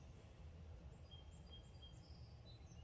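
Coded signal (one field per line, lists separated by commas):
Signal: none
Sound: small display gadget beeps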